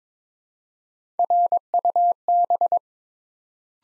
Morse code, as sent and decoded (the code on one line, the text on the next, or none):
.-. ..- -...
RUB